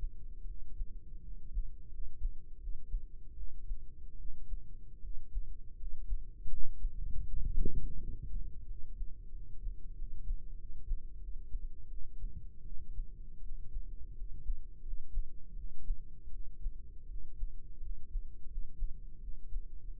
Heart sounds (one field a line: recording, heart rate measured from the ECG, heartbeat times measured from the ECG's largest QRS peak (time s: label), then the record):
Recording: heart sounds by microphone in the right ear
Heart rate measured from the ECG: 83 bpm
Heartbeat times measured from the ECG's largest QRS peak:
0.44 s: heartbeat
1.21 s: heartbeat
1.88 s: heartbeat
2.57 s: heartbeat
3.34 s: heartbeat
4.16 s: heartbeat
5.00 s: heartbeat
5.75 s: heartbeat
6.47 s: heartbeat
7.23 s: heartbeat
7.98 s: heartbeat
8.65 s: heartbeat
9.30 s: heartbeat
9.94 s: heartbeat
10.55 s: heartbeat
11.18 s: heartbeat
11.87 s: heartbeat
12.63 s: heartbeat
13.40 s: heartbeat
14.13 s: heartbeat
14.81 s: heartbeat
15.54 s: heartbeat
16.30 s: heartbeat
17.06 s: heartbeat
17.79 s: heartbeat
18.46 s: heartbeat
19.19 s: heartbeat
19.97 s: heartbeat
From the record:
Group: healthy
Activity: cold pressor test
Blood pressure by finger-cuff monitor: 103/72 mmHg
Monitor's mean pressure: 84 mmHg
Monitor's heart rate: 80 bpm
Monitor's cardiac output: 5.7 L/min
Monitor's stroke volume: 70 mL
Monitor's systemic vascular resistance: 1070 dyn s/cm5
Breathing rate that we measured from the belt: 15 breaths a minute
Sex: male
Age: 20 years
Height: 167 cm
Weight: 61 kg